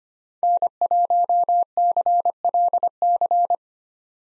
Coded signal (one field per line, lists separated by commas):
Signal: Morse code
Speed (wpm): 25 wpm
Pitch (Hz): 700 Hz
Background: none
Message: N1CLC